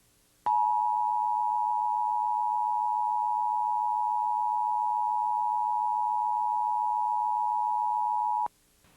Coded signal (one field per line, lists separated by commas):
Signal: Emergency Alert System (SAME) tones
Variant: 853 and 960 Hz attention tone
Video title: Comcast Emergency Alert System - Required Monthly Test (January 26, 2022)